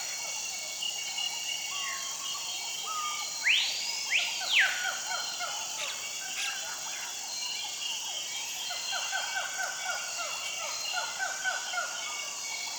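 At dawn in the Amazon forest, a dense steady chorus of insects and frogs hums beneath rising bird whistles and repeated bright chirping calls.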